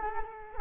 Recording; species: mosquito wingbeat signal from an infrared sensor; Culex quinquefasciatus